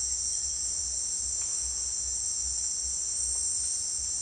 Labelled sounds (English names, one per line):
none